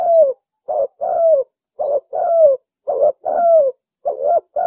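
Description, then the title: Bird cooing steadily: low, mellow notes, some short and clipped, others longer and falling at the end. Master recording used for training songbirds. "Master Burung Jos"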